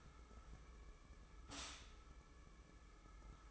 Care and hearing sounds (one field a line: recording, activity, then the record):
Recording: daily activity, microphone in the room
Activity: stop toaster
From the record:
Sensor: 1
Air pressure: 995.3 hPa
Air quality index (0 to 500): 25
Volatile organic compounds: 1 ppm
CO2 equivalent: 506 ppm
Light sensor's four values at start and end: 17/58/21/23 and 18/58/21/23